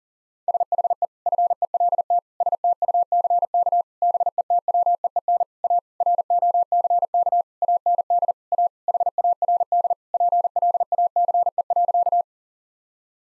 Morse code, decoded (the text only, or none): SHE FELT STUCK BETWEEN A ROCK AND A HARD PLACE.